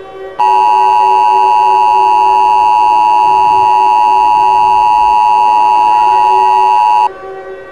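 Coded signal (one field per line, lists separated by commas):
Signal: Emergency Alert System (SAME) tones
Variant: 853 and 960 Hz attention tone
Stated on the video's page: Simulated EAS scenario of nuclear war, remastered.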